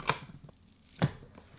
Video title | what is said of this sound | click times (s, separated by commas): I Tested Viral Kitchen Gadgets ft the Elvis Egg Timer! | it clicks, I think that clicked. | 0.1 s